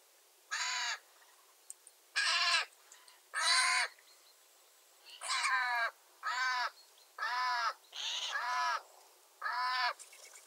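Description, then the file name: Eurasian jay calling: a run of eight harsh, grating screeches in about ten seconds. "Garrulus glandarius"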